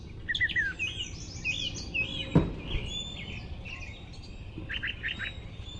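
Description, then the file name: Grey catbird song with a few slurred, warbled phrases and some chattery notes, a sharp click midway, set against steady low background noise. "GRCA song"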